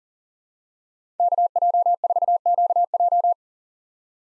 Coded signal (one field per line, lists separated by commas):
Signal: Morse code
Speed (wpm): 40 wpm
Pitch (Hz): 700 Hz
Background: none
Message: KJ4QJ